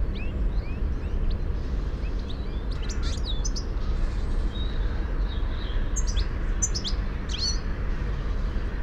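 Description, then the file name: European goldfinch calls, scattered high twittering chirps in loose bursts, over a heavy continuous low rumble. "Carduelis carduelis"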